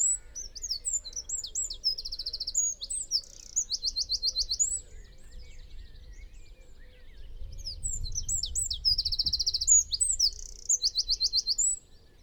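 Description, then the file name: Eurasian wren song: two loud, rapid outbursts of high, sharp notes and fast rattling trills, separated by a pause, over a low background rumble. "Troglodytes troglodytes"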